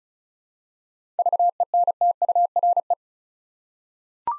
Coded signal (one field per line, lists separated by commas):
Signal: Morse code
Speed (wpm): 36 wpm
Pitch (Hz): 700 Hz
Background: none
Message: VENTURE